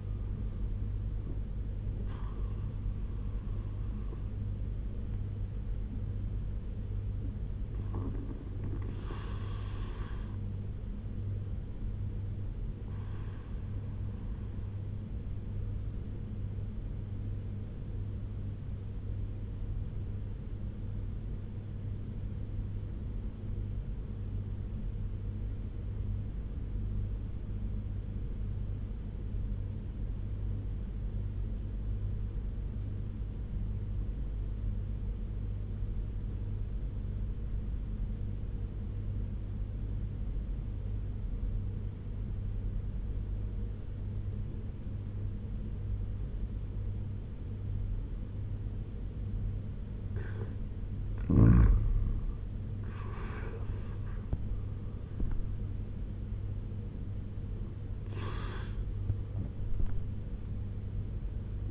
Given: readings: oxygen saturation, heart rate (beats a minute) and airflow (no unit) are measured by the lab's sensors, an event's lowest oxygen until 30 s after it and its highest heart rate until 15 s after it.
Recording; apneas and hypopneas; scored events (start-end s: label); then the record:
breathing in sleep by a smartphone at the bedside; 1
13.00-51.10 s: obstructive apnea (N2, oxygen 97% highest, then 88% lowest, heart rate 79 at the start, 87 highest)
50.00-61.71 s: new sleep stage, N1 (lightest sleep)
From the record:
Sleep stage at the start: N2 (light sleep); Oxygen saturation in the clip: 84 to 97%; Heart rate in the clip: 71 to 87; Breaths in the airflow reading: 5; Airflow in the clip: -7.3 to 10.4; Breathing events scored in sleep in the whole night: 201 in 6.5 hours asleep